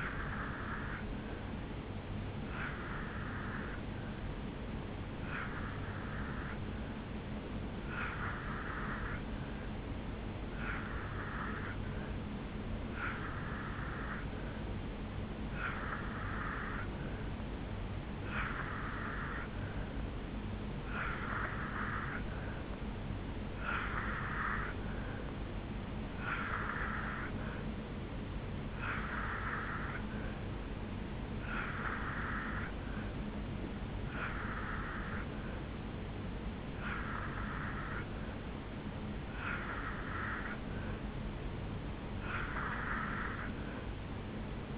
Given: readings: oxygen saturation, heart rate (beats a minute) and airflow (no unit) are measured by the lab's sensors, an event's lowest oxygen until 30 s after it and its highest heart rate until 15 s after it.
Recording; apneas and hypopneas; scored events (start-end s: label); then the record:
breathing in sleep by a voice recorder at the bedside; 1
6.00-23.40 s: hypopnea (N2, oxygen 86% highest, then 83% lowest, heart rate 74 at the start, 78 highest)
19.00-44.78 s: new sleep stage, N3 (deep sleep)
From the record:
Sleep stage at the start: N2 (light sleep); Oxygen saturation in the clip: 83 to 86%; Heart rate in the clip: 73 to 78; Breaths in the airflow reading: 12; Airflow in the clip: -2.2 to 0.7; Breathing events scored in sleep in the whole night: 449 in 7.0 hours asleep